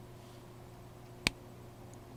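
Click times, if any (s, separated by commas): 1.3 s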